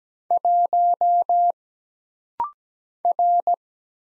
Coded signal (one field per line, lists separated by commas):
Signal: Morse code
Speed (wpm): 17 wpm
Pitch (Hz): 700 Hz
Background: none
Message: 1 R